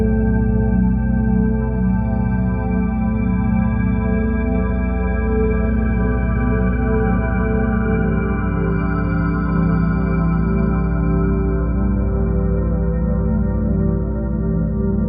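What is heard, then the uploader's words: A singing bowl rings in a steady, sustained drone, its layered tones gently wavering and beating, with a faint high shimmer appearing briefly. Singing Bowl for Binaural Bliss.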